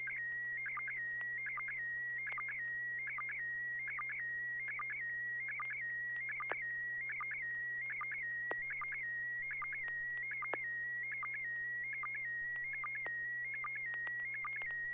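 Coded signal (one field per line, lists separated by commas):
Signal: SSTV (slow-scan television)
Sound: steady warbling high tone with rhythmic short chirping dips, repeating about twice a second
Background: low hum, radio static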